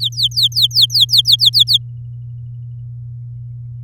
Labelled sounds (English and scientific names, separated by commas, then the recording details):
Domestic Canary (Serinus canaria) song
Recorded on 10 May 2018 at 16:02
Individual llb16